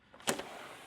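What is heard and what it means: A spring-loaded sash lock on a CWS Comfort Shield replacement window is pulled back to unlock it so the sash can be raised. Faint ticks come just before a sharp click at 0.3 s, followed by a softer tap around 0.4 s and a low fading tail. The lock releases and the window is unlocked.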